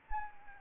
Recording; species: mosquito wingbeat signal from an infrared sensor; Anopheles arabiensis